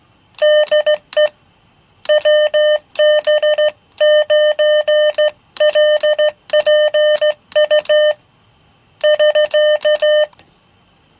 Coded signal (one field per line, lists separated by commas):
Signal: Morse code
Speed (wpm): 15 wpm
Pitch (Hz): 600 Hz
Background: none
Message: DE WB9LPU <SK>